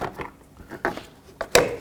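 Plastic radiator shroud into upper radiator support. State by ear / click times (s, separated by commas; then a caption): seated / 0.8 s, 1.4 s, 1.6 s. A plastic upper radiator shroud on a 2012-2020 Ford Focus is slid back into place on the upper radiator support. Sharp plastic clicks sound at 0.9, 1.4 and 1.6 s, the last the loudest, over a quiet background. The shroud is clicked in, lined up and seated.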